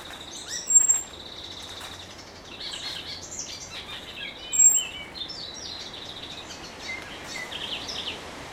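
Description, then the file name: Common blackbird thin high whistle given twice, several seconds apart, amid other chirps and trills. "Turdus merula"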